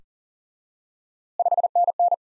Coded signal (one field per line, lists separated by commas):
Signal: Morse code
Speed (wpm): 40 wpm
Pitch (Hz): 700 Hz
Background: none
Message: 5NN